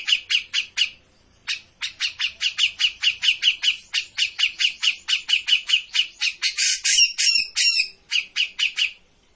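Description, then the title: Grey-cheeked bulbul song: a long run of quick, scratchy repeated notes, a few rougher squawky notes near the end. Bird-training master (masteran) of a cucak jenggot singing continuously (gacor). "Cucak Jenggot Gacor. Masteran burung cucak jenggot ! Suaka burung"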